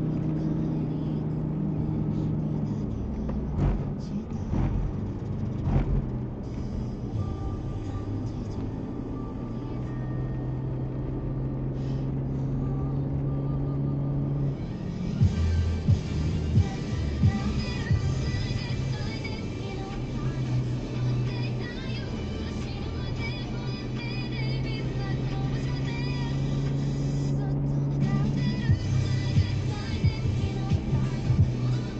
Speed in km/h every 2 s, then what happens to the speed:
54, 47, 49, 49, 49, 51, 55, 52, 50, 51, 51, 51, 53, 55, 55, 55.
0-2 brakes to 47. 2-9 steady at about 49. 9-12 speeds up to 55. 12-32 steady at about 52.